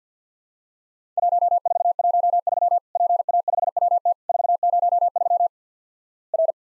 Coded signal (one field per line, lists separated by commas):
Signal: Morse code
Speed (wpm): 50 wpm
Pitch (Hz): 700 Hz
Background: none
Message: 1413 PA5WT 403 R